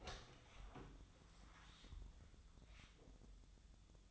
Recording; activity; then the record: daily activity, microphone in the room; open door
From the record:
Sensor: 3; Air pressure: 1004.9 hPa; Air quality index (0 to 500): 70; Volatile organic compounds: 2 ppm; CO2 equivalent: 1050 ppm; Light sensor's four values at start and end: 9/20/8/8 and 9/20/8/8